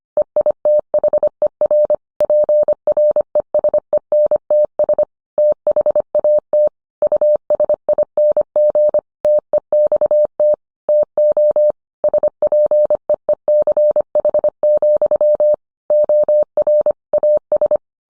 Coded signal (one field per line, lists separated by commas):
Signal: Morse code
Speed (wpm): 25 wpm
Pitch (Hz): 600 Hz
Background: none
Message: EITHER PRESENTS THAT USING TEXT TO SPEECH, OR AS